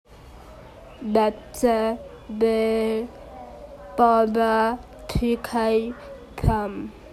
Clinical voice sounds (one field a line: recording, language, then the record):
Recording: elicited speech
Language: Bengali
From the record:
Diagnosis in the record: Broca's or global aphasia after a stroke